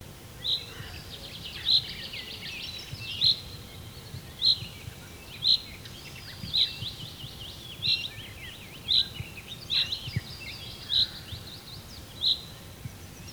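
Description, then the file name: Common chaffinch giving a steady series of brief, bright high call notes, around a dozen spaced about a second apart, with softer bird trills running behind. "Fringilla coelebs"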